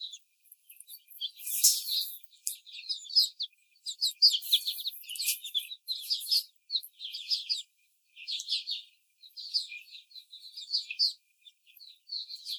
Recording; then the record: young laying hens in a cage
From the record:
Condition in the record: after the stressor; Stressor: simulated dog barking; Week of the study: 4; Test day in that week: 2